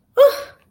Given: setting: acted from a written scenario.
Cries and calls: vocal sound without words; negative surprise

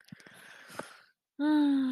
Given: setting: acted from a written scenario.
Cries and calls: vocal sound without words; contentment

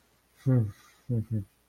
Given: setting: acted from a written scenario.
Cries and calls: vocal sound without words; disappointment

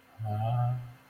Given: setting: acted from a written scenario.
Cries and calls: vocal sound without words; confusion

